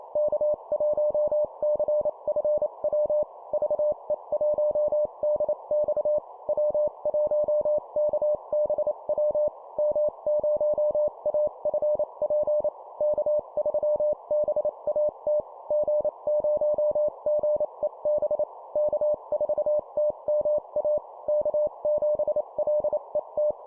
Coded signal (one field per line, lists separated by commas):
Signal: Morse code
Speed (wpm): 28 wpm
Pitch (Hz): 600 Hz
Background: none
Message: K1CFW VE1DX W1KBW M0AFP K3BAT G0GEB K4TMA K7LET